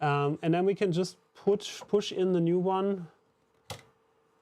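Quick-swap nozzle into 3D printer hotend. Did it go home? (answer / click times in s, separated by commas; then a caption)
yes / 3.7 s. Someone talks, then a new quick-swap nozzle is pushed up into the hotend of a Flashforge Adventurer 5M Pro 3D printer after the two levers are released and the old nozzle is pulled down. A single sharp click is heard at 3.7 s as the nozzle seats in place.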